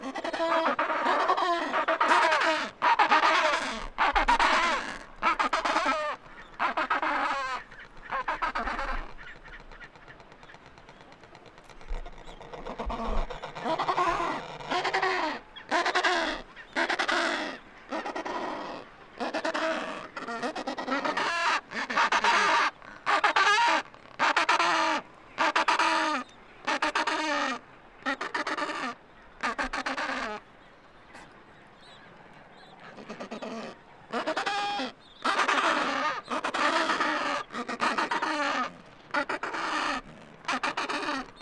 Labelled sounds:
Adelie Penguin call
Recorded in the wild
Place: Kopaitic Island, Antarctica, AQ
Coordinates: -63.18, -57.55
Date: 2018-12-31
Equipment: Olympus LS-100, Sennheiser ME66
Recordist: Beaulieu, Michaël

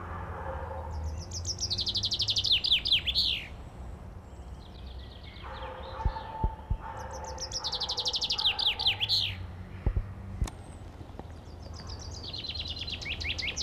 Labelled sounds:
Common Chaffinch song
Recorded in the wild
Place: Garmisch-Partenkirchen, Bayern, DE
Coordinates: 47.4933, 11.0636
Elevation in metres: 786
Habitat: mountains
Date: 1980-04-01
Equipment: Uher 4000, Sennheiser MKH 415 T
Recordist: Tretzel, Erwin

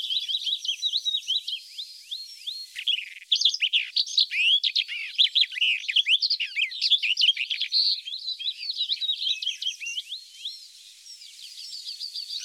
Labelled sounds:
Barred Warbler song
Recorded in the wild
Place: Flögelner See, Schleswig-Holstein, DE
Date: 1981-06-05
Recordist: Schwarz, Dieter
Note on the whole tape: Song

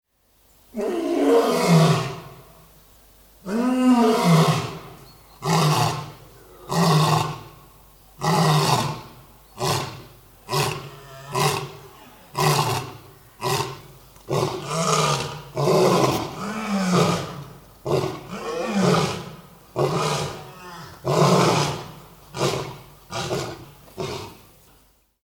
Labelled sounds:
Lion
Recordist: Tembrock, Günter
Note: Rufreihe eines Männchens und Einfallen des Weibchen

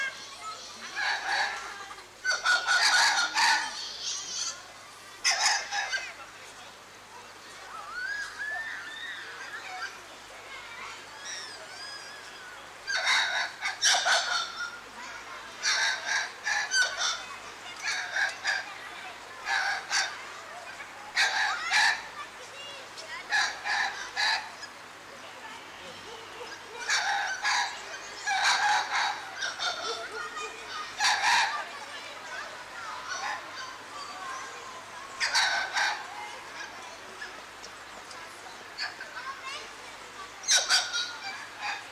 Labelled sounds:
White-fronted Spider Monkey call
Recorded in captivity
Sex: group
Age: diverse
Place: Tiergarten Wilhelma/Stuttgart, Baden-Württemberg, DE
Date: 2004-10-03 16:50
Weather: partly sunny, 17°C
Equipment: Sony WM-D6C, Sennheiser ME 80, Kopie Uher 4000 Report Monitor
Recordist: Tembrock, Günter

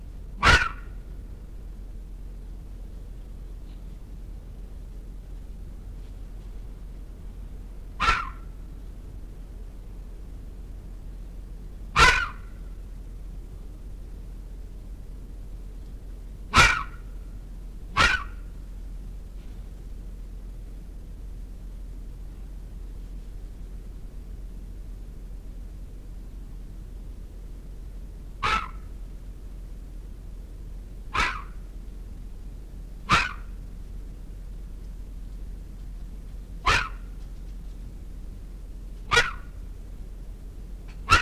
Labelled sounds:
Corsac Fox barking
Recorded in captivity
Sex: male
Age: adult
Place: Zoologisches Institut der HUB, Berlin, DE
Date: 1969-08-10 12:30
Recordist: Tembrock, Günter

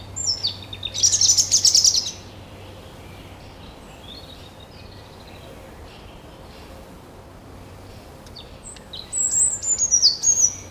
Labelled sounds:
European Robin song
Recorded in the wild
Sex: male
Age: adult
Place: Mühlenbecker Wald, Brandenburg, DE
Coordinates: 52.6925, 13.3617
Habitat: forest
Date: 1988-06-04 12:41
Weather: overcast, 18-20°C, wind
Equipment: Nagra SN, Kopie Tesla B 116
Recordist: Tembrock, Günter
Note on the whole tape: Nahe Fischer-Haus (Summt). Gesang, sehr gut (Entfernung ca. 5 m)

